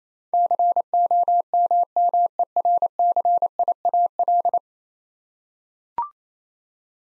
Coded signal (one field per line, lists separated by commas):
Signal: Morse code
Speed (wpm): 28 wpm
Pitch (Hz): 700 Hz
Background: none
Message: COMMERCIAL